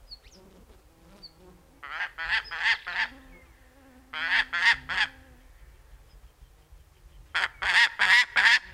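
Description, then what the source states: Gyrfalcon calls in three bursts of several quick, harsh chattering notes, separated by pauses of a second or more, with faint background sounds between. Female gyrfalcon's voice, said to ring through cliffs and described as nature's mightiest sound; species threatened by climate change and food shortage.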